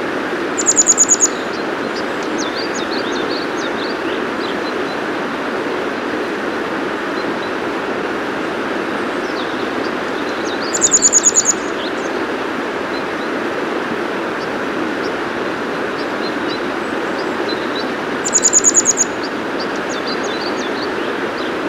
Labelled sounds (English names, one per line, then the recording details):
Grey Wagtail song
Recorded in the wild
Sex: male
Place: Thale, Sachsen-Anhalt, DE
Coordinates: 51.731, 11.063
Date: 1978-05-04
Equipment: Nagra III BH, Sennheiser MD 21, parabola
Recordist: Schubert, Michael
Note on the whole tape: Gesang Gebirgsstelze Männchen